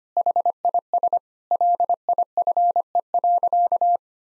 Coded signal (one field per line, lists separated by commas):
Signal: Morse code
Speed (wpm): 25 wpm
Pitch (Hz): 700 Hz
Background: none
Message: HIS LIFE.